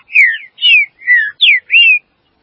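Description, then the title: Green-winged saltator song: five loud, clear whistled notes, mostly falling slurs, delivered evenly in about two seconds against silence. "Trinca Ferro"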